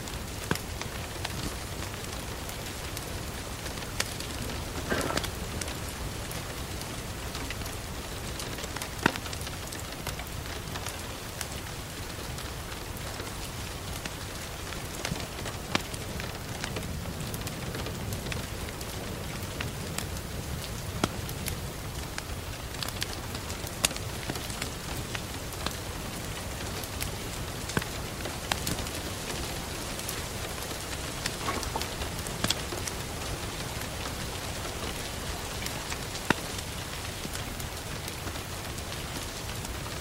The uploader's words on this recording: Rain and fire in the background.